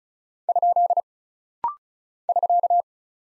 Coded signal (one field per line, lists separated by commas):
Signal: Morse code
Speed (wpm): 36 wpm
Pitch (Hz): 700 Hz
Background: none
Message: ? <SK>